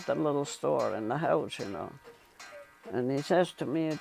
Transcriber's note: cuckoo clock